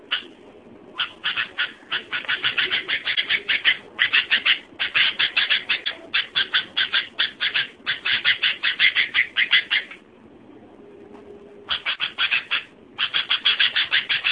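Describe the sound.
Bird song in long bursts of rapid, even chirping notes, broken by brief pauses and resuming several times.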